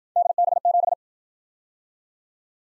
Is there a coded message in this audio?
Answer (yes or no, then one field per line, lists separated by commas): yes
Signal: Morse code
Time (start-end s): 0.2-0.9 s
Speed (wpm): 56 wpm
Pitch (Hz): 700 Hz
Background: none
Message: DB7